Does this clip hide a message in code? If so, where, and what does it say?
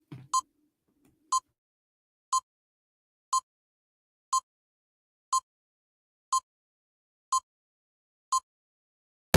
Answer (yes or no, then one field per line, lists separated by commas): no